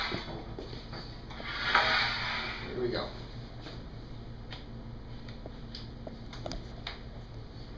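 A patient wearing a silicone liner with a metal end stands down into a prosthetic socket, and the liner's metal end meets the socket's magnetic lock (Maglock) metal to metal with a sharp click at 1.8 s while someone talks. The lock engages and the liner is seated, and suspension holds when the patient lifts up.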